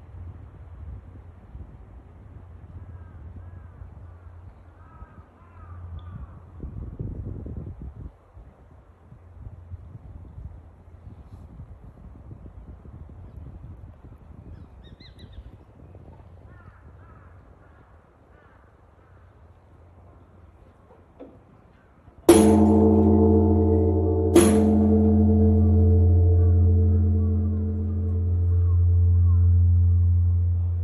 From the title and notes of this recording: Morning Begins at Zojo-ji Temple. Zojo-ji Temple, the head temple of the Jodo sect of Buddhism, located beside Tokyo Tower. Urban Soundscape Tokyo.